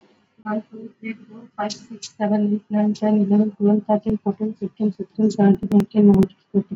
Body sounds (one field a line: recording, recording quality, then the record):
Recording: counting at a normal pace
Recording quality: excellent, no background noise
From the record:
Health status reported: exposed to COVID-19, no respiratory illness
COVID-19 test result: not tested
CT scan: not taken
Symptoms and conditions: none ticked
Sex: female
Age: 32 years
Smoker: no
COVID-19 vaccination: both doses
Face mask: worn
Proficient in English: yes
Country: India